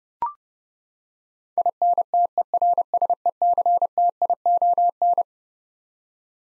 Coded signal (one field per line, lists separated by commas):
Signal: Morse code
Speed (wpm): 30 wpm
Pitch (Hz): 700 Hz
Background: none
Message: INTERSECTION